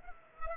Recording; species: mosquito wingbeat signal from an infrared sensor; Culex pipiens